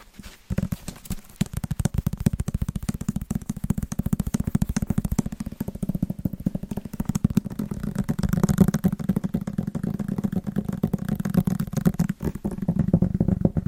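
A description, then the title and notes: Fast, rhythmic tapping on Christmas presents runs almost the whole time after a brief start, a dense stream of quick, even taps with a low, hollow thump. The pattern stays steady, growing slightly louder and fuller past the middle, with short pauses near the start and around twelve seconds. ASMR Fast & Rhythmic Tapping with Christmas Presents No Talking.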